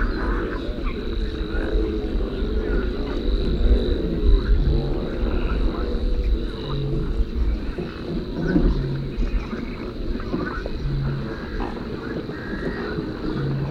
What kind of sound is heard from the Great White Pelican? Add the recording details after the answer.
call. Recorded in the wild. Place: Tulcea, Rosca Buhaiova, Dobrogea, RO. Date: 1973-04-26. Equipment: Nagra III BH, Sennheiser MD 21, parabola. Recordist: Schubert, Michael